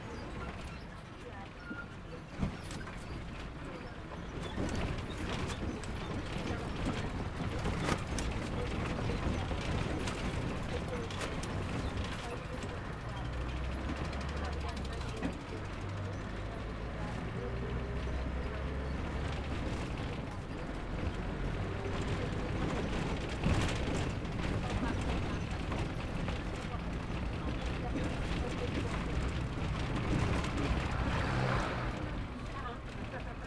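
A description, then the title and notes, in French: A rickety local bus rolls along, with a constant low engine rumble and steady rattling and clattering of loose parts throughout. Voices talk in the background, and knocks and jolts from the rough road come every few seconds, especially near the end. Quelques minutes de trajet dans un bus local brinquebalant aux abords de Pokhara. La route est totalement défoncée, de sorte que le bus et les véhicules doivent rouler au pas pour passer les énormes crevasses dans d'énormes nuages de poussière (des parties de route sont non bitumées).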